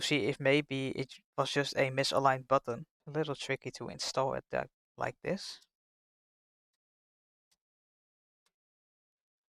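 A button is being refitted into an Xbox One controller housing to check whether it was simply misaligned, and it is tricky to fit. Someone talks for the first five and a half seconds, then the rest of the clip is nearly silent. Nothing has seated or clicked into place yet.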